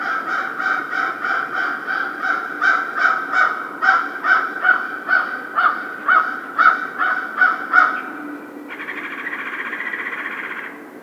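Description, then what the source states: American crow giving a long series of rapid harsh caws, roughly two per second, then a hoarse drawn-out sound about two seconds long at the end. Recorded 1 February 2010.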